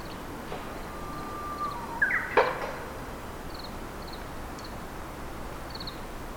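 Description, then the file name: Japanese bush warbler song: a level whistled note followed by a brief quick flourish, with scattered high chirps from other birds. "Japanese nightingale"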